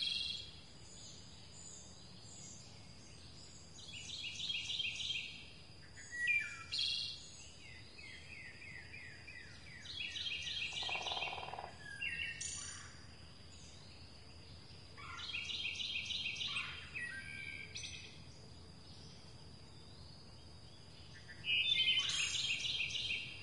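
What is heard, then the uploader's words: Birds sing through a jungle canopy, with bright, chattering phrases arriving in bursts every few seconds, loudest near 5, 11, 15 and 22 seconds. A thin, steady high whistle or insect tone runs underneath throughout, over a quiet low hum of the forest. Cheerful Birds Singing In An Enchanting Jungle. The lush, tropical world of the jungle where the canopy is alive with the sound of mesmerizing singing birds. From the haunting melodies of the macaw to the high-pitched trills of the toucan.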